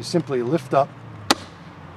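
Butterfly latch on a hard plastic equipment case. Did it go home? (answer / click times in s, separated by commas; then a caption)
released / 1.3 s. Someone talks, then lifts a double butterfly latch on a hard plastic waterproof equipment case, and it snaps open with one sharp, loud snap at 1.3 s. The latch releases with a very positive action.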